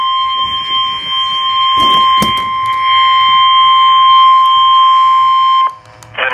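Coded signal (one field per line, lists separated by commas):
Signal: Emergency Alert System (SAME) tones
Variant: 1050 Hz attention tone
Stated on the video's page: Real tornado warning alerts.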